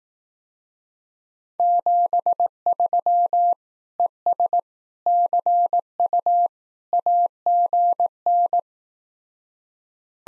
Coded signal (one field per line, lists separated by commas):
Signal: Morse code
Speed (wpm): 18 wpm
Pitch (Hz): 700 Hz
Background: none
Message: 73 ES CU AGN